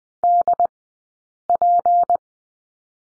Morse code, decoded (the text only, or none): DP